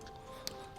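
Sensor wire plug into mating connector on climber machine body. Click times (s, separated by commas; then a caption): 0.5 s. The sensor wire connector between the assembled console post and the body of an Igojin Middle Climb climber machine (gray) is lined up with its grooves and pushed into its mating connector. It seats with one sharp, short click at 0.5 s over a steady background with sustained tones.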